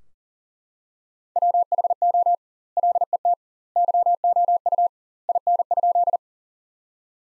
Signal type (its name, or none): Morse code